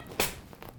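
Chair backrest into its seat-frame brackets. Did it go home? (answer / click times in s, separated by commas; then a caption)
yes / 0.6 s, 0.7 s. The lifted backrest of a Revolution home theater recliner, lined up on its seat-frame mounting brackets, is dropped down with a loud thump at 0.2 s and then pushed. The backrest locks click into place with two short, sharp clicks at 0.6 s and 0.7 s, and the backrest is seated and secure.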